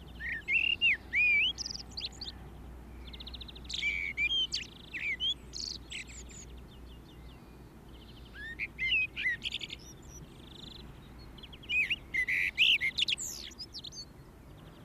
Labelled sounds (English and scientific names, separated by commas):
Common Blackbird (Turdus merula) song